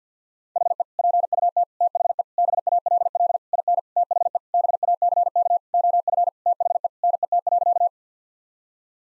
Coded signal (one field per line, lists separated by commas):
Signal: Morse code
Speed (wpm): 50 wpm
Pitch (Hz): 700 Hz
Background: none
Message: HE PUT THE BALL IN THE BACK OF THE NET.